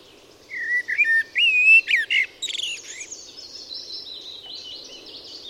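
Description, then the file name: Eurasian blackbird song: a few low mellow whistled notes, then a sharp squeaky flourish, followed by faint continuous high twittering. "Turdus merula"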